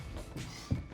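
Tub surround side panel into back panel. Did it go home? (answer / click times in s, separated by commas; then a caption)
no / none. During the dry fit of a Delta EverEdge Tub Wall Set (60x32), an acrylic tub surround side wall panel is handled and pushed toward the back panel so the two can snap together with a little push. Low handling rumbles and soft rustles are heard, with a louder low thump near 0.7 s. Nothing has seated or clicked yet; the clip ends just before the panels snap home.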